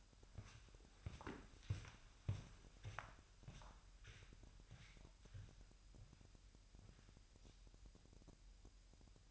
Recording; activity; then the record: daily activity, microphone in the room; walk to room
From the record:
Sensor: 2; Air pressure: 1001.8 hPa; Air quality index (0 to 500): 249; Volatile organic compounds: 36 ppm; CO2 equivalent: 3084 ppm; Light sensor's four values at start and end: 6/13/5/6 and 6/14/6/6